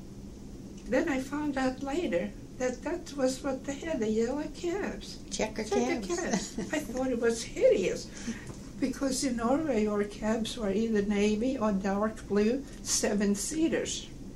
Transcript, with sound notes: - then I found out later that that was what they had—the yellow cabs.
Checker cabs.
Checker cabs. (laughs) I thought it was hideous, because in Norway our cabs were either navy or dark blue seven-seaters.